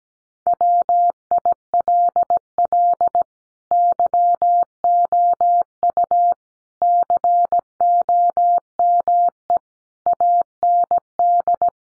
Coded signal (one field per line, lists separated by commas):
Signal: Morse code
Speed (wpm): 17 wpm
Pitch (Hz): 700 Hz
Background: none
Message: WILL YOU COME AND